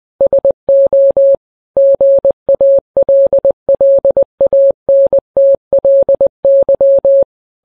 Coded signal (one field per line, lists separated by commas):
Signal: Morse code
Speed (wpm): 20 wpm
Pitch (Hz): 550 Hz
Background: none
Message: SO GALLANTLY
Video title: The U.S. National Anthem, but it’s Morse Code.